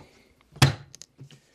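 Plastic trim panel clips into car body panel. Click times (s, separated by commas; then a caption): 0.6 s. Someone thumps the front edge of a plastic boot trim panel on a Jaguar X100 XK8 to drive its clips home into the car body panel. A single dull thunk lands at 0.6 s, followed by a few faint ticks around 1.0 s. The clips are confirmed seated.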